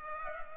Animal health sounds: mosquito wingbeat signal from an infrared sensor; Culex pipiens

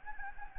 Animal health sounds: mosquito wingbeat signal from an infrared sensor; Anopheles gambiae

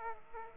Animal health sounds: mosquito wingbeat signal from an infrared sensor; Aedes aegypti

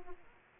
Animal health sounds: mosquito wingbeat signal from an infrared sensor; Aedes aegypti

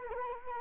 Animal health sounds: mosquito wingbeat signal from an infrared sensor; Culex quinquefasciatus

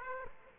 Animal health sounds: mosquito wingbeat signal from an infrared sensor; Aedes aegypti

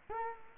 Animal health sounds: mosquito wingbeat signal from an infrared sensor; Culex quinquefasciatus

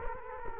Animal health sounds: mosquito wingbeat signal from an infrared sensor; Culex quinquefasciatus

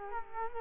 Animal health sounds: mosquito wingbeat signal from an infrared sensor; Culex quinquefasciatus

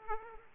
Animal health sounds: mosquito wingbeat signal from an infrared sensor; Aedes aegypti

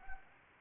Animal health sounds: mosquito wingbeat signal from an infrared sensor; Anopheles arabiensis

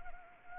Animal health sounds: mosquito wingbeat signal from an infrared sensor; Anopheles arabiensis

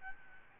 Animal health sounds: mosquito wingbeat signal from an infrared sensor; Aedes albopictus

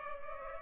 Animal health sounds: mosquito wingbeat signal from an infrared sensor; Culex pipiens

